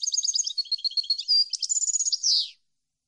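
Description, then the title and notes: European goldfinch delivering one continuous twittering phrase, quick chattering notes with a brief sustained whistle, finishing on a harsh falling buzz. Clean goldfinch song for copying, used for song training. "Cd Jilguero. Cd de canto de jilguero limpio para copia"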